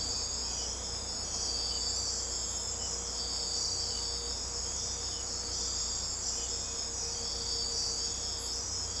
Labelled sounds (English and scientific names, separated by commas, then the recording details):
none
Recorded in secondary vegetation near Puerto Asís, Putumayo, Colombia, on 16 December 2024 at 03:30
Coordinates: 0.502, -76.326
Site G028